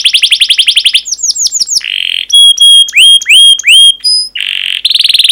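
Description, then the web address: Canary singing a fast pulsed trill, then swooping slurred notes, a buzzy roll, clear piping whistles repeated about twice a second, and another rapid rolling trill. Long 'pancingan' style canary song. "kenari pancingan panjang. masteran kenari"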